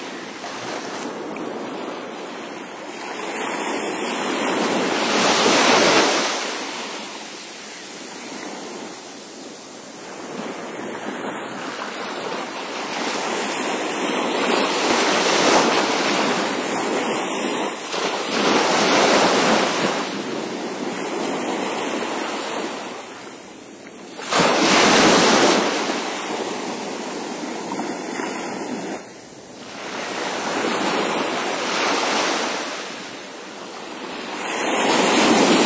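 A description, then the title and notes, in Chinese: Ocean waves splash against rocks in repeated surges, each swelling into a loud hissing crash and then washing back. The biggest breaks land around 5, 15, 19, 25 and 35 seconds, with steady rushing surf and a light wind between them. 海浪声拍打在岩石上。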